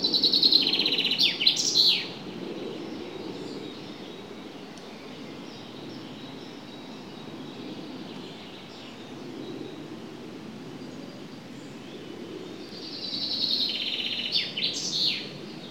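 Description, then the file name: Common chaffinch song: a bright descending trill with a terminal flourish at the start, then a long quiet stretch before a second similar phrase near the end. "Fringilla coelebs"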